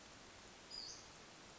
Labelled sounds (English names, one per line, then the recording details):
Western Flycatcher
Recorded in Sonoma County, California